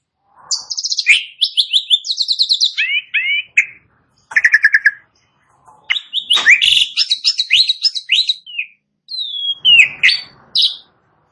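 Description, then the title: Asian pied starling song: long, varied run of rapid chirp series, whistled slurs and harsh buzzy notes, broken by short pauses. Starts singing in less than a minute. "Belum Satu Menit Jalak Suren Langsung Bunyi"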